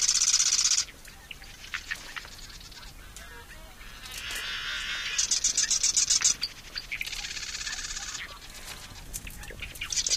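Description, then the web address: Marsh Wren song of quick rattling trills and gurgles, several bursts spread throughout with softer clicking between them. Western species of North America. "Songs of Birds of North America Know Your Bird Sounds. Marsh Wren"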